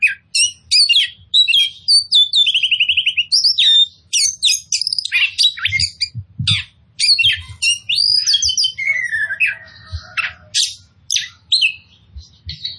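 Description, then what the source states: Oriental magpie-robin delivering a long, dense song of rapid trills, sharp chips and whistled slurs, steady and energetic throughout, with faint low thumps in the background. Kacer poci type of the bird, described as gacor, actively and vigorously singing.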